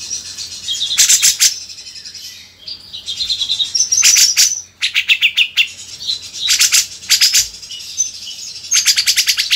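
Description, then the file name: Grey-cheeked bulbul singing short, harsh chattering bursts separated by pauses, with thin high whistled notes heard between some of the bursts. "suara burung cucak jenggot jernih"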